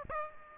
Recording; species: mosquito wingbeat signal from an infrared sensor; Aedes aegypti